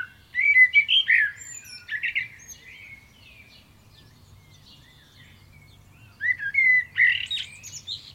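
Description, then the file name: Common blackbird song: two mellow, fluted warbling phrases, each with higher squeaky twitters, separated by a few seconds of quiet. "Turdus merula"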